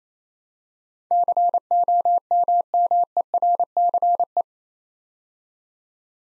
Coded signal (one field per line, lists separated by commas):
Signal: Morse code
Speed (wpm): 29 wpm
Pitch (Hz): 700 Hz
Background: none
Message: COMMERCE